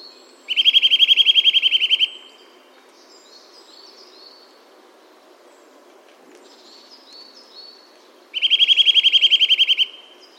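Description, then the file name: Eurasian nuthatch giving a fast, even trill of rapid identical notes, two bursts about eight seconds apart, with faint high chirps between them. "Sitta europaea"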